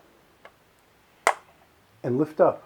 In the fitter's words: and you heard that little click as the clips on the underside released